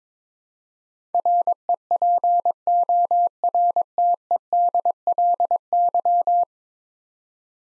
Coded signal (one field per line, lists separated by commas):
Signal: Morse code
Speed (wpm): 22 wpm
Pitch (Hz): 700 Hz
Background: none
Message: REPORTEDLY